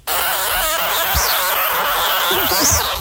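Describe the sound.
Sugar glider giving a harsh, buzzy call that runs steadily throughout, with a faint wavering high tone above it.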